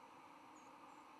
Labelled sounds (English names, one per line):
White-throated Sparrow flight call